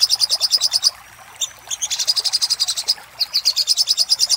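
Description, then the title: Little spiderhunter song, rapid strings of high ticking notes broken by brief gaps. Master song for training cage birds; local name sogok ontong, song style labaik. "Masteran Burung Sogok Ontong Labaik"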